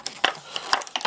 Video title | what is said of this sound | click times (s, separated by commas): Assembling & Testing a E-Sky HG-981 HDTV Antenna | just again snaps right in place | 0.2 s, 0.7 s